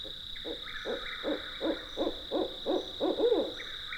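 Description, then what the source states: Barred owl hooting in a rhythmic run of about nine low, throaty notes, the last ones louder, over a steady high drone. Heard at night, echoing across the landscape of the Apalachicola forest, longleaf pine flatwoods with swamps, streams and ponds.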